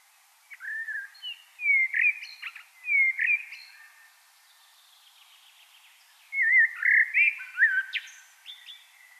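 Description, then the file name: Common blackbird giving mellow whistled phrases with scratchy high endings, a gap with faint thin notes, then another warbling run; soft background hiss throughout. "Turdus merula"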